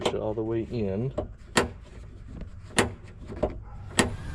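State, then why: Not seated. Someone talks as the rear liftgate window glass of a Ford Explorer, tested after installing a new release cable and housing, is pushed all the way in against its latch. Sharp knocks sound at about 1.6, 2.8 and 4.0 seconds, with a faint tap near 2.4 seconds. The latch does not catch, and nothing has latched yet.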